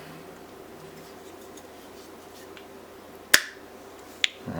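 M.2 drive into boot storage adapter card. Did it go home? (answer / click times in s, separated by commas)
yes / 3.3 s, 4.2 s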